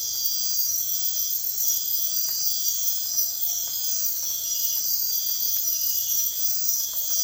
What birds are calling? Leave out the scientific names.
none